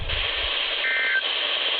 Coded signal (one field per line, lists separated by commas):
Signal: Emergency Alert System (SAME) tones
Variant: end-of-message bursts